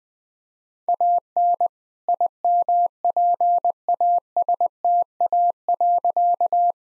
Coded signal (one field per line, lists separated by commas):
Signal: Morse code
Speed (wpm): 20 wpm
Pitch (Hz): 700 Hz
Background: none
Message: AN IMPASTA.